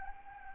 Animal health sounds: mosquito wingbeat signal from an infrared sensor; Anopheles arabiensis

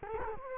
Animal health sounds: mosquito wingbeat signal from an infrared sensor; Culex quinquefasciatus

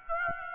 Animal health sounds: mosquito wingbeat signal from an infrared sensor; Aedes aegypti

